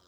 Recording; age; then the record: pig call; piglet (1 to 25 days)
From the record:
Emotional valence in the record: positive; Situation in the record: short reunion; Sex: female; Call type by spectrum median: low-frequency call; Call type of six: low-frequency tonal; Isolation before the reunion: 3 minutes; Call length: 0.08 s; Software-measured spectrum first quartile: 592 Hz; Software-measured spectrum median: 2128 Hz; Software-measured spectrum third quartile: 4744 Hz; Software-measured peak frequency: 85 Hz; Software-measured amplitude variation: 25 dB a second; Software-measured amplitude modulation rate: 12.5 a second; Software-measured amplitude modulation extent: 2.0 dB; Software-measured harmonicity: 0.5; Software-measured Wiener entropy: -1.53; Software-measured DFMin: 1144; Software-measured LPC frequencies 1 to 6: 1291, 3227, 3861, 5052, 5870, 6915 Hz